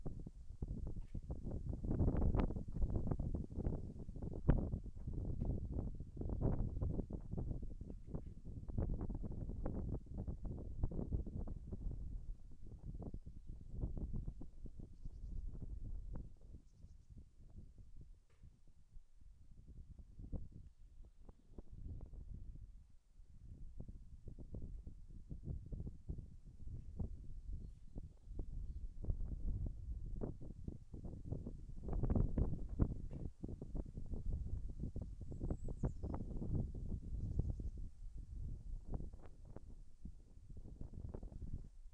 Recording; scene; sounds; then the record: everyday scene through a hearing-aid microphone; wind on the microphone; wind, other noises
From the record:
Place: in front of a rural house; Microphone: behind the ear, left, rear